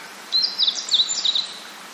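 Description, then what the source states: Meadow bunting singing one rapid jumbled phrase of sharp, high, tinkling notes, roughly a second long, against faint continuous background hiss. Recorded in 2008.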